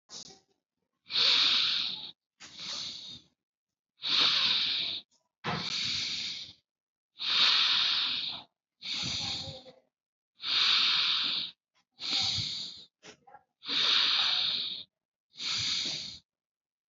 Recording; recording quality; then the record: deep breathing; excellent, no background noise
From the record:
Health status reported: COVID-19 positive, moderate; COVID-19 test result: positive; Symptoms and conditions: breathing difficulty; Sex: male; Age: 53 years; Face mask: worn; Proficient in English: no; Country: India